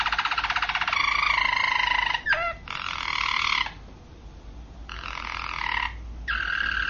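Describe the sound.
Canary song in rapid trilled tours broken by short gaps, one swooping whistled note near the middle, then further rolling trills.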